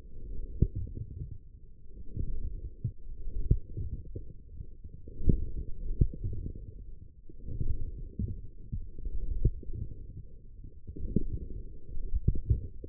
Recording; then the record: forearm muscle sounds (acoustic myography)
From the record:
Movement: forearm pronation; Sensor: system 1, eight BSWA MPA416 microphones around the upper forearm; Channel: 7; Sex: male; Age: 20 years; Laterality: left